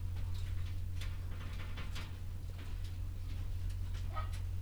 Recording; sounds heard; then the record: poultry house recording; sick chickens (respiratory disease)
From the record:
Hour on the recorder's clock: 22